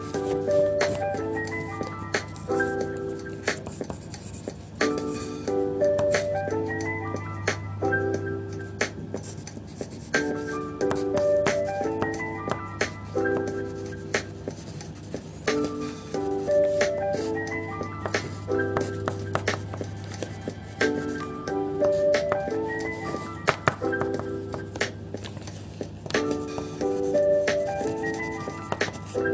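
Background music loops a repeating melodic phrase over a steady low bass, while scribbling pen strokes scratch in short, frequent bursts throughout.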